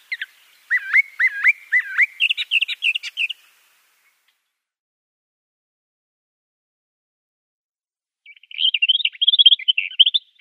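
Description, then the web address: Eastern Orphean Warbler song: a clear phrase of repeated, slurred whistled notes around three seconds long, a pause, then a quicker warbled phrase near the end. "Schulze Peter Eastern Orphean Warbler song"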